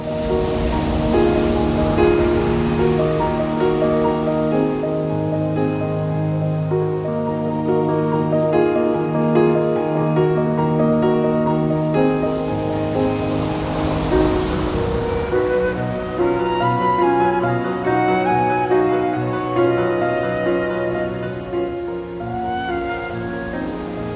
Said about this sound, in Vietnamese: trời bỗng tối sầm, gió biển gào thét dữ dội.